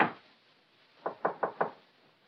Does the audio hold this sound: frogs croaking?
no